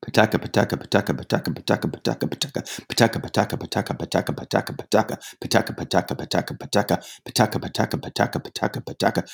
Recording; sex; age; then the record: repeated syllables /pa ta ka/; male; 60 to 69 years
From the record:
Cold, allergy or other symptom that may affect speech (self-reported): no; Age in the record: 65 years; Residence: Massachusetts, United States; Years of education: 13